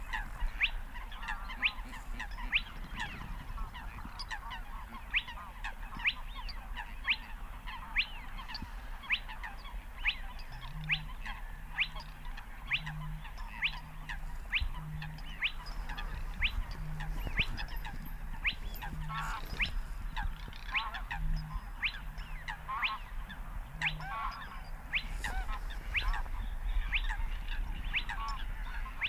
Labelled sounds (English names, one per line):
Spotted Crake